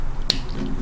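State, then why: Seated. Two white plastic tabs on the back of a Bandai DX Chogokin VF-171EX Nightmare Plus Alto Saotome Custom transforming robot toy are lined up and pressed into the back plate. A single sharp snap rings out at 0.3 s over a steady low background. The tabs seat in place.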